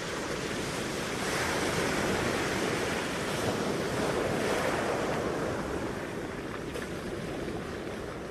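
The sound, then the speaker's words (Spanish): Ocean waves break on the beach of Usar in a steady, full roar, swelling in surges and easing off slightly toward the end, with a windy hiss layered over the surf and no voices. “Y en la playa de Usar, las focas asomaban la cabeza.”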